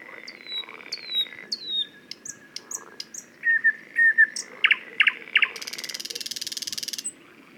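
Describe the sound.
Thrush nightingale song with long whistled notes, a series of clicking chucks, then a fast dry rattling trill to finish.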